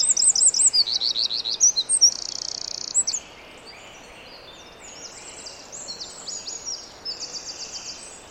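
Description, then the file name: Eurasian wren song: rapid high trills and sharp twittering phrases for about three seconds, then fainter scattered high notes over steady background hiss. "Troglodytes troglodytes"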